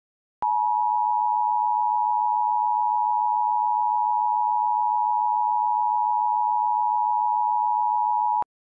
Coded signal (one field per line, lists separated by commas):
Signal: Emergency Alert System (SAME) tones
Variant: 853 and 960 Hz attention tone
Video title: EAS Scenario - The Fog Is Coming